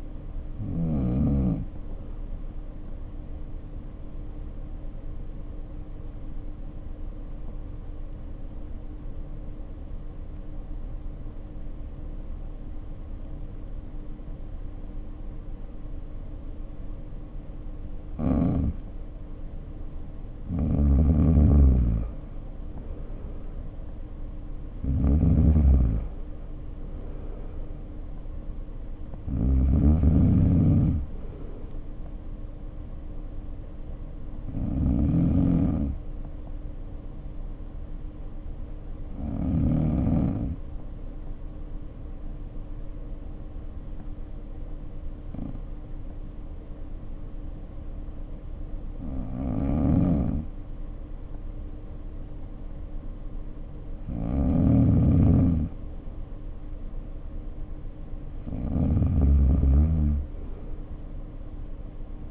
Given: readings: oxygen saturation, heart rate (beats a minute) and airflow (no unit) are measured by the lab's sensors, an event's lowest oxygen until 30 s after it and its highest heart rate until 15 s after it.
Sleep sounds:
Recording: breathing in sleep by a smartphone at the bedside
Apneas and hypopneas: 2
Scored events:
5.00-21.50 s: hypopnea (N2, oxygen 94% highest, then 85% lowest, heart rate 53 at the start, 66 highest)
42.00-56.30 s: hypopnea (N2, oxygen 95% highest, then 90% lowest, heart rate 54 at the start, 58 highest)
From the record:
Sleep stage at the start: N2 (light sleep)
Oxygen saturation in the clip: 85 to 95%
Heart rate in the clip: 52 to 66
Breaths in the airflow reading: 11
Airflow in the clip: -8.5 to 6.7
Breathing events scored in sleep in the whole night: 520 in 7.2 hours asleep

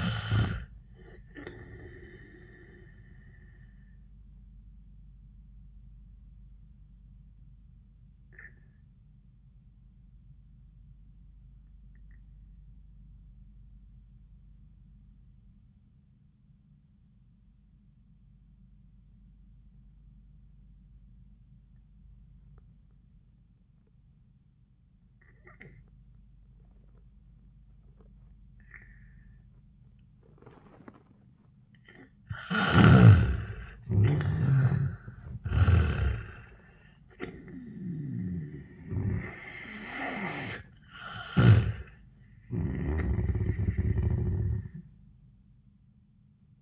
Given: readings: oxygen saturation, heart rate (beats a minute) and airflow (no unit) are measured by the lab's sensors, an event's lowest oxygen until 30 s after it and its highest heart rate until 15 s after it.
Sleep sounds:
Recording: breathing in sleep by a smartphone at the bedside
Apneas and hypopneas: 1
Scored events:
4.00-31.10 s: obstructive apnea (N1, oxygen 97% highest, then 79% lowest, heart rate 89 at the start, 96 highest)
From the record:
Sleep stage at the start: N1 (lightest sleep)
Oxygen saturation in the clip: 80 to 97%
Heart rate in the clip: 81 to 96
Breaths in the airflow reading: 3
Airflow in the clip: -17.1 to 10.4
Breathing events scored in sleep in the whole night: 400 in 8.7 hours asleep

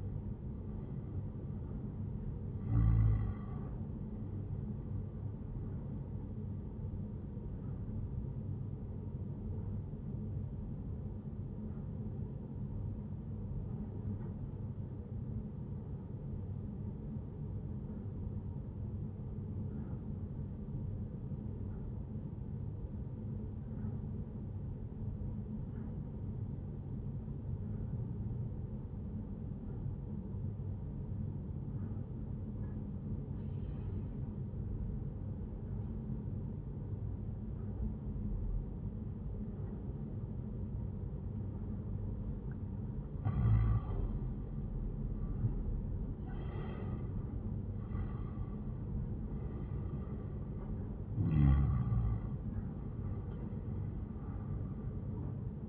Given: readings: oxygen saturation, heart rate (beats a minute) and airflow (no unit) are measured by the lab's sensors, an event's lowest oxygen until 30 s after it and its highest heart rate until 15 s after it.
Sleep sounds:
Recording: breathing in sleep by a smartphone at the bedside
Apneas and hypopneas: 1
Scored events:
11.00-43.00 s: obstructive apnea (N1, oxygen 97% highest, then 88% lowest, heart rate 78 at the start, 89 highest)
30.00-55.69 s: new sleep stage, N2 (light sleep)
From the record:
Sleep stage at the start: N1 (lightest sleep)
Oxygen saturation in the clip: 87 to 97%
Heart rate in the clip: 72 to 89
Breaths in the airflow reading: 4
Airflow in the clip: -13.1 to 12.5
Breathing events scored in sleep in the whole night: 131 in 7.2 hours asleep

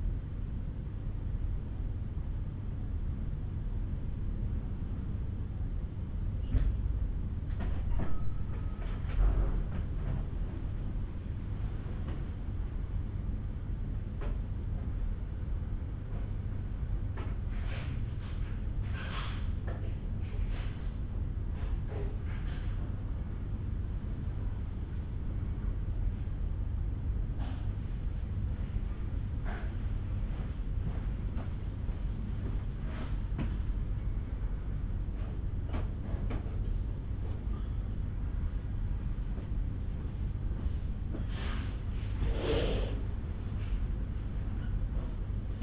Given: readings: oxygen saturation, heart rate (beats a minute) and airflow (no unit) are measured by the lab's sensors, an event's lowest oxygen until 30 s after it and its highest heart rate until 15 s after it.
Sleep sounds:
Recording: a person awake in a sleep study, by a smartphone at the bedside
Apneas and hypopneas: none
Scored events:
0.00-39.00 s: awake
From the record:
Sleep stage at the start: awake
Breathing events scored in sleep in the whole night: 368 in 8.0 hours asleep

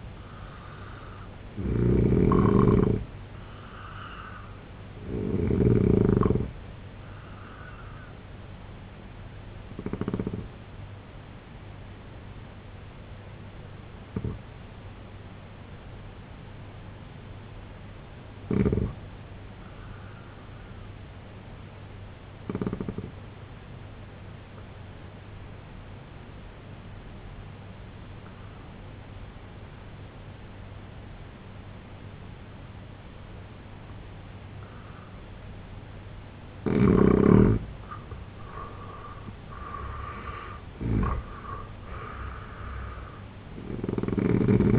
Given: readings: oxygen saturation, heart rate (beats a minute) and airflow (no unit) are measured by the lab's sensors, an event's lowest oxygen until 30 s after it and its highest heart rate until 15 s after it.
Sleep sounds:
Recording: breathing in sleep by a voice recorder at the bedside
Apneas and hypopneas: 1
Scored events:
12.00-39.50 s: hypopnea (N2, oxygen 92% highest, then 81% lowest, heart rate 67 at the start, 94 highest)
43.00-44.79 s: new sleep stage, N1 (lightest sleep)
From the record:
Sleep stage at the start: N2 (light sleep)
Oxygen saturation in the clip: 85 to 92%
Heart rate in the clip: 63 to 94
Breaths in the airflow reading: 6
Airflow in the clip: -6.9 to 7.5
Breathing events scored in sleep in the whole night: 258 in 7.4 hours asleep

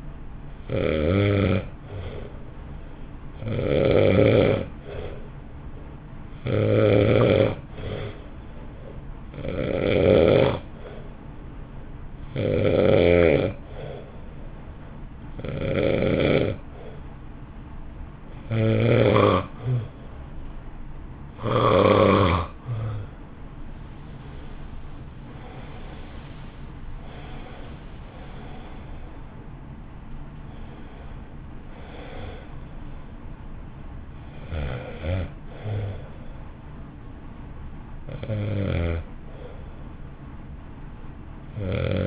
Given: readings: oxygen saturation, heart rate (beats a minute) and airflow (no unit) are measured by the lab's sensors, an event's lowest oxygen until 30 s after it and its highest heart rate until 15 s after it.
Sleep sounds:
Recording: breathing in sleep by a smartphone at the bedside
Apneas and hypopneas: 1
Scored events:
6.00-24.50 s: hypopnea (N2, oxygen 91% highest, then 89% lowest, heart rate 60 at the start, 69 highest)
24.00-42.07 s: new sleep stage, N1 (lightest sleep)
From the record:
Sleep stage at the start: N2 (light sleep)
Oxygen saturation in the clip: 84 to 91%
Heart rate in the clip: 51 to 69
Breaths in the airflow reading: 12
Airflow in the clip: -2.0 to 1.5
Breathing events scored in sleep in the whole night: 328 in 6.3 hours asleep

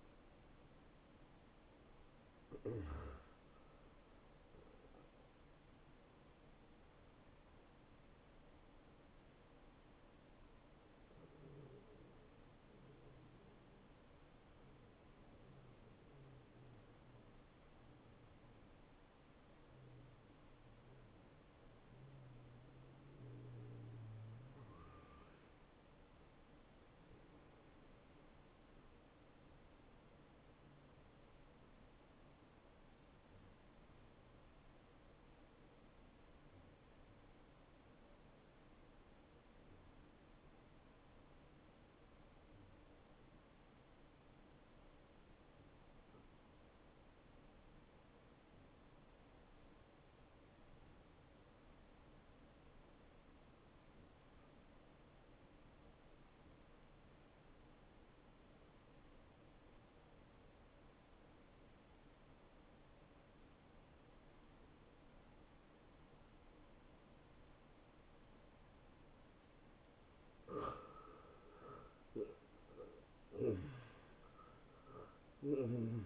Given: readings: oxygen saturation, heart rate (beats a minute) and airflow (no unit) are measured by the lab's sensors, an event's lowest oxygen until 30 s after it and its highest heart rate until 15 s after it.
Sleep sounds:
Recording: breathing in sleep by a voice recorder at the bedside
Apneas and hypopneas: 1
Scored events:
9.00-69.50 s: hypopnea (N2, oxygen 97% highest, then 86% lowest)
13.00-43.00 s: new sleep stage, N1 (lightest sleep)
43.00-73.00 s: new sleep stage, N2 (light sleep)
73.00-76.06 s: new sleep stage, N1 (lightest sleep)
From the record:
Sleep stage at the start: N2 (light sleep)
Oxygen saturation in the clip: 78 to 97%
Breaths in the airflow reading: 13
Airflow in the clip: -24.5 to 10.3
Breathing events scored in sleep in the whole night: 263 in 5.5 hours asleep

